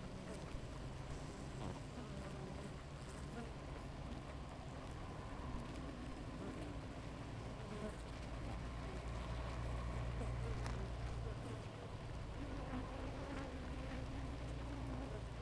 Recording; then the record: honeybee colony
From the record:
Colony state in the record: active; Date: 28 July 2017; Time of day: 5:08